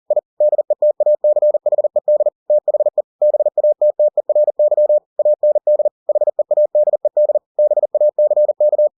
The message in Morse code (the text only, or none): I DETACHED THE BATTERY AND HEADED BACK